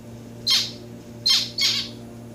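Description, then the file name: Society finch calls: three loud, rasping notes, the last two in quick succession, over a constant low hum. Pet domestic finches recorded while the owner plays with them. "playing with my finches"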